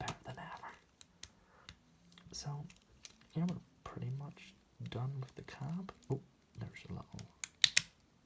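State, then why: Seated. A plastic joint on a Transformers Studio Series Rise of the Beasts Voyager Class Optimus Prime action figure is moved just after the truck cab section is finished, while someone talks. Small handling taps come through under the talk, then the part locks into place with a loud, sharp click at 7.6 s and a second one at 7.8 s. The joint is seated.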